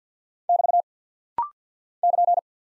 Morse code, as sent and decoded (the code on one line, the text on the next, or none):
-...- / -.--.
<BT> <KN>